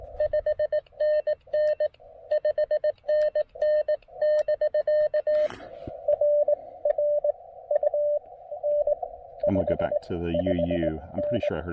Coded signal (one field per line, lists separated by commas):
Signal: Morse code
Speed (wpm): 18 wpm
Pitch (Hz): 590 Hz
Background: speech, radio noise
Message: 5NN 5NN <BK> RR UN 55N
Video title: QRP POTA: More Xiegu G106 time and I even rope in Brooks to log for me!